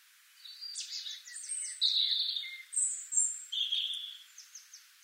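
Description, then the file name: European robin song: a rapid series of thin, high notes that flip between pitches, then bright warbled phrases and faint, fading ticks at the close. "Erithacus rubecula"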